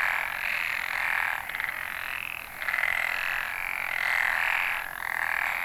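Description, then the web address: Frog chorus of overlapping trilled croaks, loud bursts alternating with brief softer gaps, one louder surge midway through. Recorded in northern Nanyo, Ehime Prefecture, Japan, on 29 May 2014. "e h i ehimekennanyohokubu tr 140529 kaeru"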